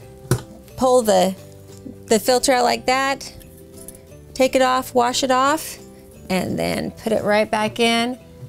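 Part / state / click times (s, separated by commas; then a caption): removable filter into its housing slot / not seated / none. A removable filter from the air-conditioning or bay unit of a 2019 Newmar King Aire motorhome is handled, washed, and pushed back toward its housing slot while someone talks. Brief sharp handling sounds occur around 0.3 s and 3.9 s. The clip ends before the filter goes home, so nothing has seated or clicked yet.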